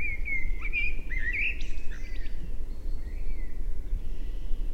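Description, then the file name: Common blackbird calls: several sharp, slurred chirps in the first two seconds, then a fainter note, over a steady low rumble of background noise. "Turdus merula"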